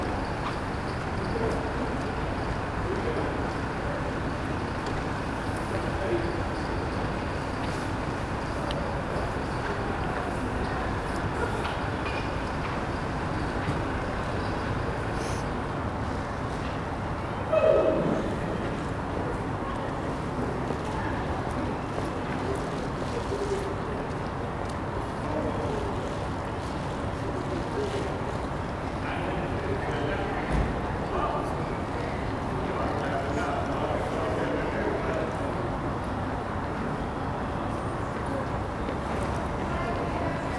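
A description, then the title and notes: A high street market being set up early in the morning, a steady bed of traffic and scattered voices, with a brief louder clatter near eighteen seconds. High Street wakes up. Captured early in the morning as a High Street market is being set up. It is a cool morning, the ground is wet. People are beginning to enter the centre of the city, going to jobs and cafes.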